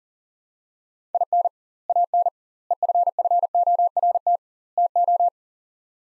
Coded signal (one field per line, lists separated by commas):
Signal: Morse code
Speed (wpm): 40 wpm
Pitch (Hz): 700 Hz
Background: none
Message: IN AN EFFORT TO